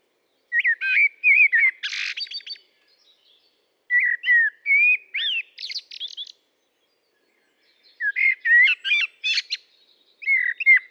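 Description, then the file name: Common blackbird song: three phrases of mellow, fluted whistles near mid pitch, each ending in high squeaky twitters, separated by short silences. "Turdus merula"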